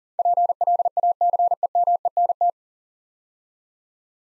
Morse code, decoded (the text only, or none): PLACEMENT